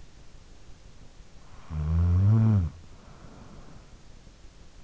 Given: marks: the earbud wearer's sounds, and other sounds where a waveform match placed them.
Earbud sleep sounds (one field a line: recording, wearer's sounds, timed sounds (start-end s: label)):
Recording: sounds in sleep by an in-ear microphone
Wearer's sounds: snoring breath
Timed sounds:
1.37-4.10 s: snoring breath